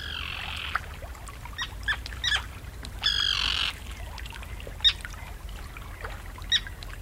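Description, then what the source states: Common Tern calls: harsh drawn-out grating screams at the start and middle, with scattered short sharp notes between and after, over low background rumble. Birds fly out to meet a boater approaching the nesting area, calling loudly and diving at the intruder's head; colony sensitive to disturbance.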